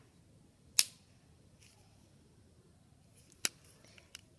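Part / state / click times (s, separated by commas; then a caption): plastic cap onto a felt-tip marker / seated / 3.4 s. A plastic cap is pulled off the back of a felt-tip marker and pressed onto the tip. A sharp click sounds at 0.8 s, then the cap snaps closed onto the marker with a crisp click at 3.5 s, followed by a few faint ticks. The cap is seated.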